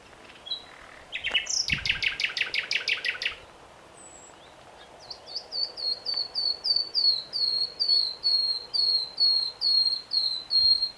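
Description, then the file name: Common nightingale song: a dense, buzzy rattling burst, a pause, then a long steady series of high, downslurred whistled notes repeated in quick succession. "Luscinia megarhynchos"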